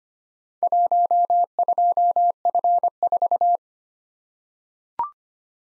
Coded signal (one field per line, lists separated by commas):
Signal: Morse code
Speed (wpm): 25 wpm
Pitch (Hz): 700 Hz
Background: none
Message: 12F4